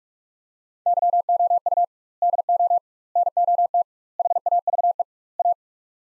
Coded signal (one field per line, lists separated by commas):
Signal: Morse code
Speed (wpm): 46 wpm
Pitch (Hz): 700 Hz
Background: none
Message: YOU DO NOT HAVE A